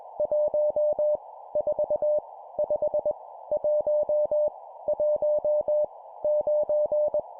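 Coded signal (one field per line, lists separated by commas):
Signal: Morse code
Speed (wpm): 21 wpm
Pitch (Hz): 600 Hz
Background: none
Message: 1 4 5 1 1 9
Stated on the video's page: Random-number Morse drill at 20 wpm for building CW copy speed.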